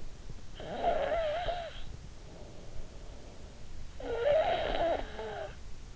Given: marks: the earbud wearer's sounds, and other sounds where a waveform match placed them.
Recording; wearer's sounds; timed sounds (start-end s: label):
sounds in sleep by an in-ear microphone; snoring breath
0.36-2.19 s: snoring breath
3.88-5.59 s: snoring breath